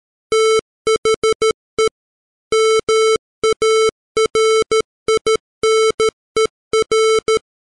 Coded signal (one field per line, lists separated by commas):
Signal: Morse code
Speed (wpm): 13 wpm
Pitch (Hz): 440 Hz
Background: none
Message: THE MARINER